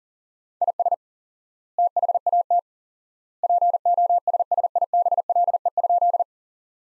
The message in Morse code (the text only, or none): IS THAT POSSIBLE?